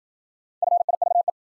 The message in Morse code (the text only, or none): FIVE